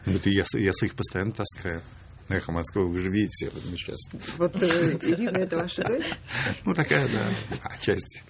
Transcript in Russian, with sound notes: Ну, вот, я своих постоянно таскаю на «Эхо Москвы», вы же видите? (смеется)
Вот, Ирина – это ваша дочь?
Ну, такая да, отчасти.